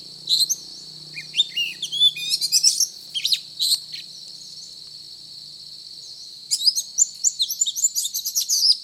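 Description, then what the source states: Oriental magpie-robin singing varied, rapidly changing whistles and trills in two active spells separated by a pause of a couple of seconds, with a steady high tone throughout. Indonesian local name kacer; described as gacor, actively and vigorously singing.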